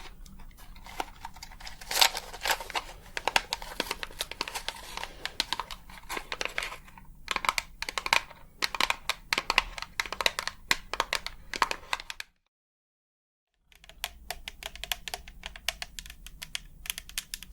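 Rapid tapping, sharp clicks and light crinkling sounds crowd together, irregular and dense, with a bright crisp edge and a low steady hum underneath. Near twelve seconds everything cuts to silence for about a second and a half, then the tapping resumes.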